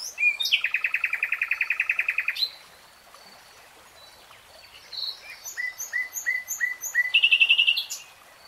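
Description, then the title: Nightingale song: a rapid rattling trill for two seconds, a pause, then a series of rising whistled notes ending in another fast trill. Singing, from a three-hour real-time recording. "[Tiếng chim hót] 3 Hours REALTIME Nightingale Singing"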